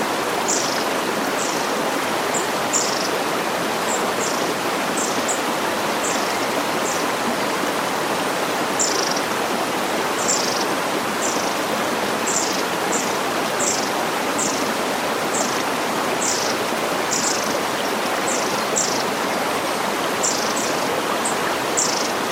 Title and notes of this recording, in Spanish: Meditación con Lago y Canto de Pájaros. El suave murmullo del agua y la cascada distante, junto con el delicado susurro de los bosques